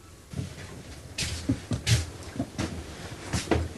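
A money box is put back in a cupboard: a handful of soft wooden knocks and scraping clunks come at an irregular pace, moderately loud, with no voices.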